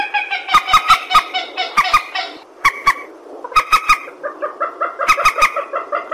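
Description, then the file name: Purple swamphen making short groups of harsh, nasal honking notes, pausing briefly between groups, accompanied by crisp clicks. "tieng trich re keu"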